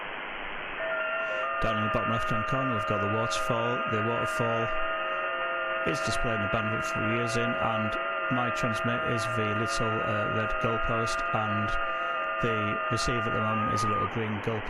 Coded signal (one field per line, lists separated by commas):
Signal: FT8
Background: speech